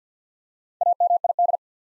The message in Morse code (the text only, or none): AMID